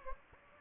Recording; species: mosquito wingbeat signal from an infrared sensor; Anopheles gambiae